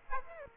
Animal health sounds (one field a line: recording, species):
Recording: mosquito wingbeat signal from an infrared sensor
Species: Aedes aegypti